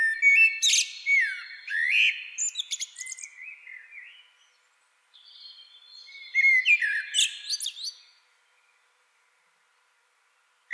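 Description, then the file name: Common blackbird delivering rich, flute-like warbled phrases with scratchy high flourishes, two bursts separated by a short pause, then quiet. "Turdus merula"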